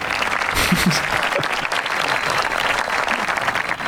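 A crowd applauds steadily, a dense wash of clapping that holds at an even, fairly loud level throughout, with a few faint voices and whistles mixed in.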